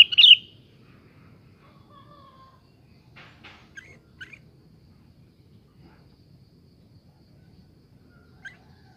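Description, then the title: Sooty-headed bulbul giving one loud, quick chirpy phrase at the start, followed by a few faint scattered notes and quiet. "Kutilang"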